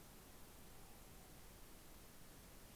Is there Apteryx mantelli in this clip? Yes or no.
no